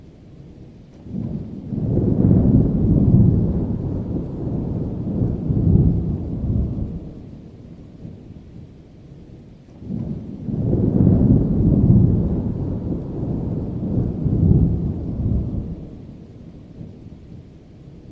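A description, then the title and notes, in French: Distant storm rumble rolls in two long, deep swells, around two and eleven seconds, each fading slowly over several seconds into quiet. Grondement d'orage au loin (sans tonnerre).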